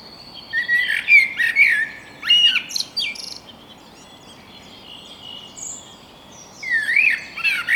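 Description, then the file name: Eurasian blackbird calls, short chirps and sharp notes in two bursts separated by a quiet gap. "Turdus merula"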